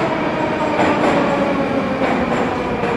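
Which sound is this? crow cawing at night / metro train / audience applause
metro train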